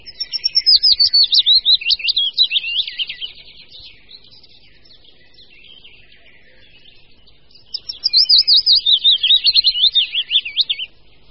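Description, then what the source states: Willow Warbler song, a phrase descending gradually in pitch over about three seconds, repeated after a pause. Closest relative of the chiffchaff and equally common; song serves species identification and territorial marking of the nesting territory.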